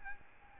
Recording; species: mosquito wingbeat signal from an infrared sensor; Aedes albopictus